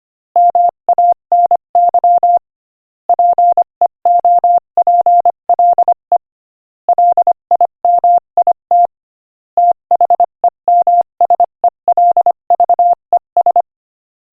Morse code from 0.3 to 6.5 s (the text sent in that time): MANY PEOPLE